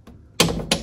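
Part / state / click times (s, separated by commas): torque wrench on the drive shaft bushing of a sterndrive lower unit / torque reached / 0.4 s, 0.7 s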